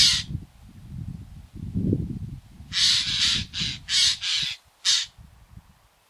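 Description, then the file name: Eurasian jay giving harsh, rasping screeches, a single one then a run of several in quick succession, over low rumbling background noise. "Garrulus glandarius"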